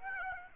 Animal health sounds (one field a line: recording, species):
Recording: mosquito wingbeat signal from an infrared sensor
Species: Aedes aegypti